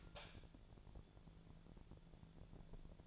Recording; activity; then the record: daily activity, microphone in the room; light on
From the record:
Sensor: 5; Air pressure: 1000.1 hPa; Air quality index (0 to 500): 101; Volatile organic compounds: 1 ppm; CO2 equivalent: 818 ppm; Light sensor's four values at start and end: 252/599/256/285 and 252/602/257/286